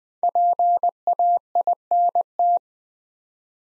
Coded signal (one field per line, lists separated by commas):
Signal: Morse code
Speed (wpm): 20 wpm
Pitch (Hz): 700 Hz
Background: none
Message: PAINT